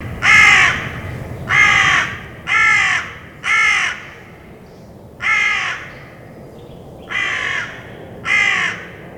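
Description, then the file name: Carrion crow cawing, seven harsh, hoarse caws at uneven intervals of about one to two seconds, with a low rumble of background noise. "Corvus corone"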